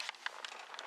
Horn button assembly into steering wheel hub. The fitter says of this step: at that it worked perfectly basically all you do is you push it in you rotate it and then it snaps into place and the horn works as it should